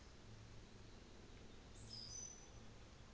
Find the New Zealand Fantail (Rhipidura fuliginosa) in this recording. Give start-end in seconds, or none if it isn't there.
none